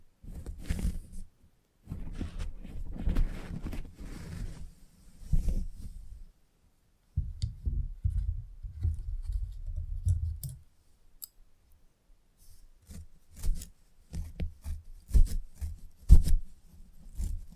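Haircut sounds with scissors and clippers, heard as bursts of low, buzzing rustle broken by short pauses. Sharp clicks and snips scatter through, denser in the second half, with a few bright ticks around ten and sixteen seconds.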